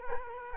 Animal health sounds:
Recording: mosquito wingbeat signal from an infrared sensor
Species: Culex quinquefasciatus

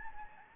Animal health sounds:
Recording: mosquito wingbeat signal from an infrared sensor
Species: Anopheles gambiae

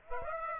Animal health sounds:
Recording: mosquito wingbeat signal from an infrared sensor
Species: Aedes aegypti

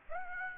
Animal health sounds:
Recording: mosquito wingbeat signal from an infrared sensor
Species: Aedes aegypti

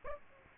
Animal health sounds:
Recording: mosquito wingbeat signal from an infrared sensor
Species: Aedes aegypti

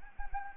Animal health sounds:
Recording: mosquito wingbeat signal from an infrared sensor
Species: Anopheles arabiensis

